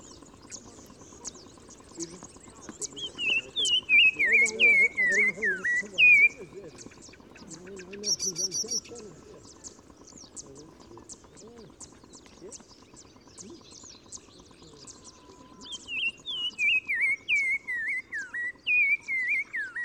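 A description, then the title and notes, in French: A Black-crowned Tchagra sings a clear descending whistled phrase twice, near five and seventeen seconds, over constant chirping birds and faint voices. Oued Massa - Maroc - Nagra AresBB - Telinga pro6. Au printemps dans les jardins qui entourent le village de Zaouit Massa à l'embouchure de l'Oued Massa de nombreux oiseaux chantent dans les haies et buissons. Le Téléphone tchagra (Tchagra senegalus - Black-crowned Tchagra) qui se fait remarquer par sa phrase répétée du plus bel effet.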